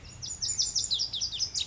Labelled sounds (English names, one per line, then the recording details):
Lazuli Bunting
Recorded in Sonoma County, California